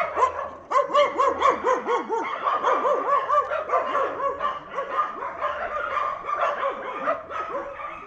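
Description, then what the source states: Dog giving rapid, repeated arched tonal yaps, with several other dogs barking behind in a continuous chorus. Several dogs barking at night in the upper town.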